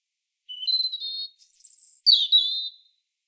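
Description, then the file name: European robin song: a whistle stepping up to a warble, a thin very high sustained note, then a falling, rippling flourish. "Erithacus rubecula"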